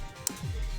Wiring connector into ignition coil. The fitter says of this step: make sure you hear that snap